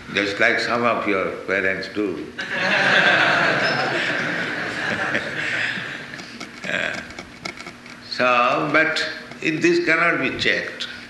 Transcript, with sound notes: just like some of your parents do. [laughter] So... But this cannot be checked.